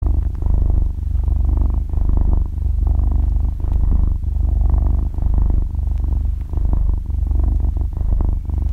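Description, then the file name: Cat purring, a steady low rumbling buzz that swells and dips with each breath, roughly every one and a half seconds, with no other sounds. Cat purring while breathing, described in Vietnamese as 'thở kêu rù rù'. "tieng meo tho keu ru ru"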